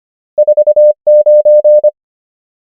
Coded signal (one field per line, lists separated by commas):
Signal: Morse code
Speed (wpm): 25 wpm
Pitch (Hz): 600 Hz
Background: none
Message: 4 9